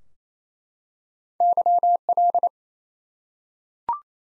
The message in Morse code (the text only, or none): YL